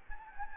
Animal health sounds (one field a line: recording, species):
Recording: mosquito wingbeat signal from an infrared sensor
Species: Anopheles gambiae